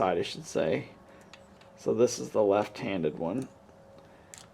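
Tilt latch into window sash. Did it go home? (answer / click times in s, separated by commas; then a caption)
yes / 4.3 s. A replacement left-handed plastic tilt latch, non-screw type, is pressed into its slot in a window sash while someone talks. It snaps fully into place with one sharp click at 4.3 s.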